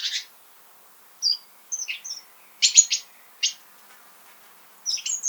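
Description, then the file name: Great tit scratchy churring bursts, short and broken, mixed with thin high chipping notes scattered throughout. "Parus major"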